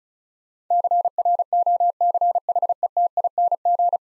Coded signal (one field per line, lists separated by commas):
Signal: Morse code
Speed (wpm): 35 wpm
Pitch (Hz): 700 Hz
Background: none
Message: CROCHETING